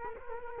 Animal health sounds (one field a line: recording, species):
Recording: mosquito wingbeat signal from an infrared sensor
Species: Culex quinquefasciatus